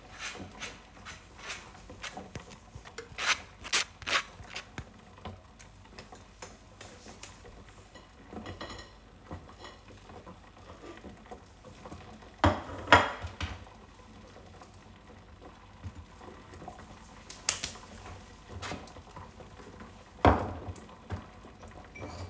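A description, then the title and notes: Lunch being prepared indoors, with scattered clinks, taps and handling noises, louder bursts near thirteen and twenty seconds. Preparing lunch in the home office, Vienna. This is how it sounds when lunch is being prepared.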